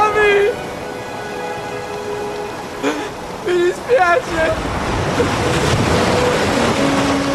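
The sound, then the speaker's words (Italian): Dark ocean waves churn and rush in the rain in a steady, dense roar that swells through the second half, preceded by a few brief, wavering tonal wails over a low wash. “Solo la pioggia, le onde rapaci dell'oceano scuro e i rottami galleggianti della tragedia.”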